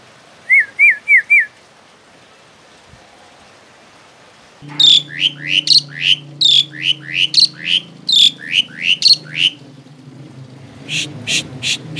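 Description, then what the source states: Asian pied starling: four quick hooked whistles, a pause, then a long series of loud harsh chirps with a low hum underneath, ending in rasping notes. Indonesian name Jalak Suren; labelled Suren Teler.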